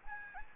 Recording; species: mosquito wingbeat signal from an infrared sensor; Anopheles gambiae